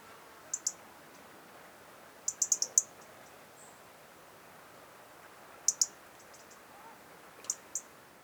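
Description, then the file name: European robin giving very high, thin ticking notes, heard in pairs and once as a quick run of four, with long pauses between; a faint steady hiss underneath. "Erithacus rubecula"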